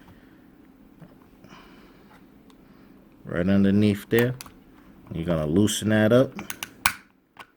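Someone talks while prying under the edge of an Xbox One controller's plastic shell to loosen the internal clip for a bumper button replacement. The clip releases with one sharp snap at 6.9 s, freeing the shell so it can be pulled off.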